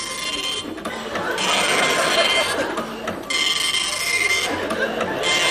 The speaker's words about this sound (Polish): Długo się drukuje. Stara drukarka. Stara drukarka.